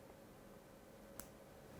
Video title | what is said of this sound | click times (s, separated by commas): 금요일에 과학터치 인천지역 도입 강연 – 과학으로 확인하는 사랑, 러브미터만들기 | 이렇게 소리가 나야 하고요. | 1.2 s